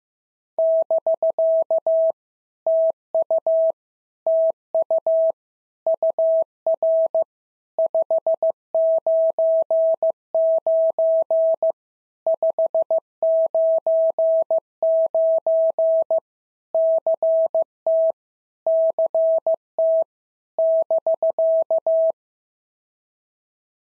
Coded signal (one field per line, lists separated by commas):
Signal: Morse code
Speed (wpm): 15 wpm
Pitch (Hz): 650 Hz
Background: none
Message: <BK> TU TU UR 599 599 CT CT <BK>